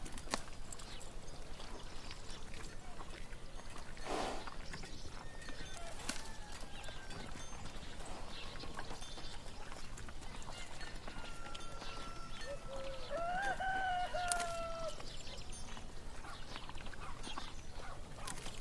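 A busy outdoor scene with birds singing over a steady bed of town activity and scattered knocks and clatter. Around thirteen to fifteen seconds a louder animal call rises and falls, likely a farm animal, while faint voices and short chirps come and go throughout.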